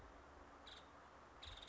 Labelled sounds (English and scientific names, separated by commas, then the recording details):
Nuttall's Woodpecker (Dryobates nuttallii)
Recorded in Sonoma County, California